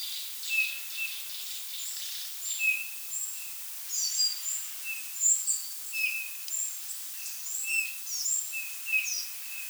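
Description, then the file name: Eurasian bullfinch giving soft, plaintive whistles repeated at irregular intervals, with busy higher chirps around them. "Pyrrhula pyrrhula"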